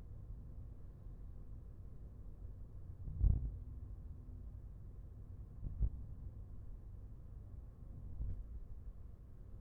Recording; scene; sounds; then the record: everyday scene through a hearing-aid microphone; in a vehicle; engine, traffic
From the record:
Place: Skoda Fabia, gasoline engine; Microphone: behind the ear, left, front